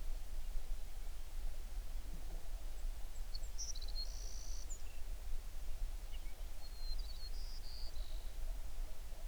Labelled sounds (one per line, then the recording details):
songbird
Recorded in the Prudhoe Bay oil fields, Alaska, on 11 June 2019 at 05:31
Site 21